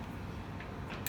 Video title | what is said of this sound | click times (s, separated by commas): Metal Lathe Part 1 of 2 | and get into T so it clicked in at T so | 1.1 s